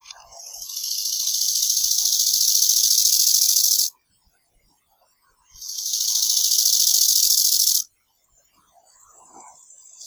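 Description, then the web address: Bow-winged grasshopper song: a hissing, rasping phrase swells for nearly four seconds, then silence, then a second loud phrase, and a faint reply begins near the end. Alternating song (Wechselgesang). "Chorthippus biguttulus"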